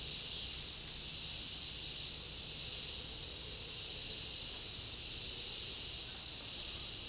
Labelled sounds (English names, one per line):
none